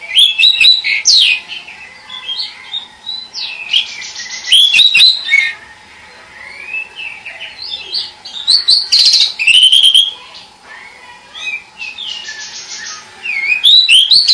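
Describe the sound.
Bird singing a varied, chattering song of quick whistled notes and buzzy trills, in bursts separated by quieter passages, with a faint steady hum underneath.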